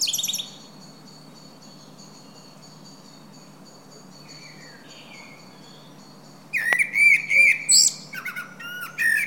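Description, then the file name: Common blackbird with a brief high squeak at the start, a long quiet stretch, then a fluted warbling phrase ending in high, scratchy twittering notes. "Turdus merula"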